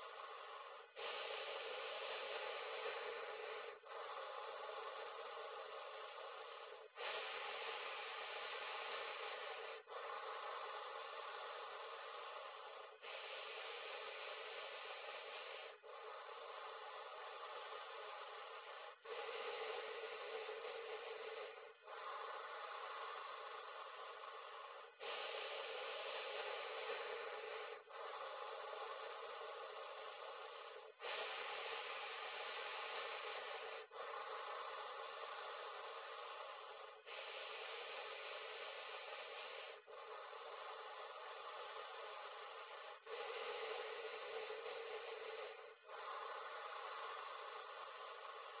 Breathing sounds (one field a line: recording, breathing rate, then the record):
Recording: paced breathing near a phone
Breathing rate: 10 breaths a minute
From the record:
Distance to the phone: 40 cm